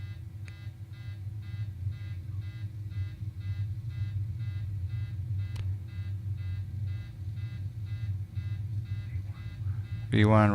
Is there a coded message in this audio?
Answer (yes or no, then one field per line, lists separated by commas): no